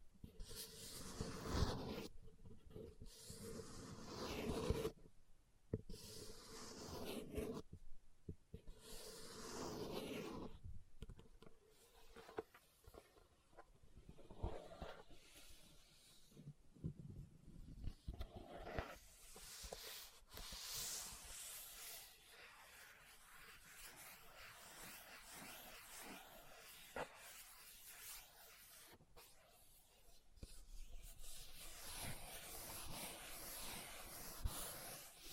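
Leather is scratched and rubbed in uneven bursts, with short pauses and a few sharper taps through the first twenty seconds. After that the scratching turns steadier and denser, a bright, hissing scrape that carries on to the end with little break.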